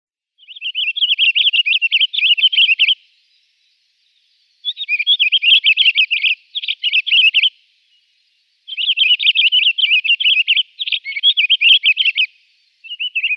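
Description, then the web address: Pine Grosbeak song: three bursts of rapid, chattering warbled notes, about two and a half to three and a half seconds long, separated by short silences, with a brief fragment at the end. "Schulze Peter Pine Grosbeak"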